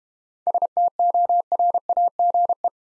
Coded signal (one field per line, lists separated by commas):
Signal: Morse code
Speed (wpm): 32 wpm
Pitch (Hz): 700 Hz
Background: none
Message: STORAGE